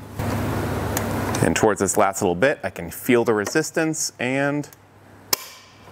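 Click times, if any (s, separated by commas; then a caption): 5.3 s. Someone talks while tightening a Thule Evo Clamp / Edge Clamp roof rack foot clamp on a 2020 Chevrolet Spark with the provided torque tool, working back and forth until resistance builds. A sharp click at 5.3 s marks the torque tool reaching its setting, confirming the foot is torqued down.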